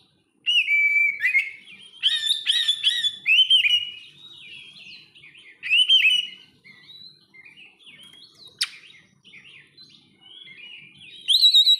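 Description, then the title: Oriental magpie-robin song, a varied run of loud whistled notes and rapid chattering phrases, with quieter warbling between bursts and a sharp click. "kacer"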